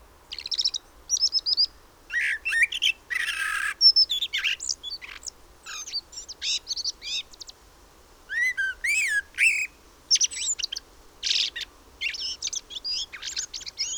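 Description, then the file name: Common blackbird singing a rapid run of high twittering and squeaky notes in bursts, with brief pauses between them. "Turdus merula"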